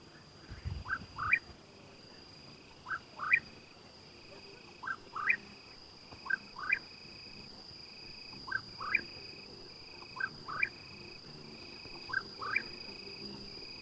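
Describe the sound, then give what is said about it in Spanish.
At dusk, around 7:09 in the evening on a rocky crag, faint, steady high-pitched cricket stridulation hums in the distance throughout as the crickets begin to stridulate, beneath a louder series of short rising chirping calls that come in quick pairs every second or so. “Muy al fondo se escuchan algunos grillos que ya empiezan a estridular.”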